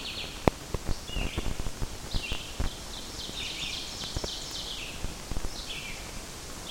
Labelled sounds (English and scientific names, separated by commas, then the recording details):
Ovenbird (Seiurus aurocapilla) song
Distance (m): 50 m
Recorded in boreal forest in Alberta, Canada, on 14 June 2016 at 07:23
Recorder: SongMeter 3, array SBT-3-33
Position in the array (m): 100 m, 137 m
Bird 21